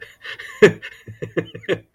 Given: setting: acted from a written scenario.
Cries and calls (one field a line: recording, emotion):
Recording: vocal sound without words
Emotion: amusement